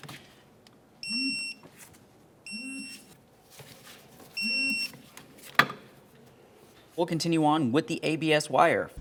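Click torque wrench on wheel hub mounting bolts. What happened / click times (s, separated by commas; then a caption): Torque wrench clicks at setting / 5.6 s. A click-type torque wrench tightens the rear wheel hub assembly mounting bolts to 47 foot-pounds on a 2006-2011 Honda Civic. Three electronic beeps sound around 1.0, 2.5 and 4.4 seconds, and the wrench gives a sharp click at 5.6 seconds, reaching its setting. Someone then talks from about 7.0 seconds to the end.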